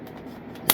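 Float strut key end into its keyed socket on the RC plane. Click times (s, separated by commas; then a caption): 0.7 s. A keyed plastic strut end for the FMS Ranger 1220mm RC plane's float setup is inserted into its keyed socket and turned in the direction of the molded arrows. After low, steady handling noise, a sharp click at 0.7 s marks the strut twisting and locking in place, fully seated.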